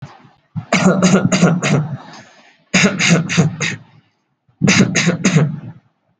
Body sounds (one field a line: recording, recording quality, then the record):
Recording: shallow voluntary cough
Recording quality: moderate, slight background noise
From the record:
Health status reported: healthy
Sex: male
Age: 19 years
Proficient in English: yes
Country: India